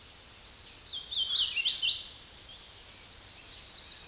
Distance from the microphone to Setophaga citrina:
about 15 m